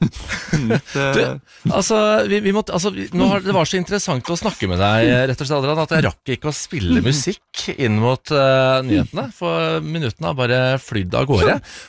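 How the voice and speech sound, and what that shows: A man speaks Norwegian fluently and clearly at an easy pace, with typical voice quality and normal speech.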